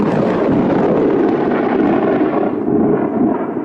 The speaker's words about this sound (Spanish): Bah, seguro que esos truenos no son más que sus propios pedos.